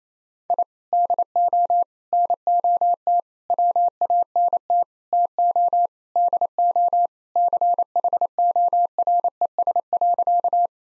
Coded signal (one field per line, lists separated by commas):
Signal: Morse code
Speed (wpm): 28 wpm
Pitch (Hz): 700 Hz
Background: none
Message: I DO NOT WANT TO DO CHORES.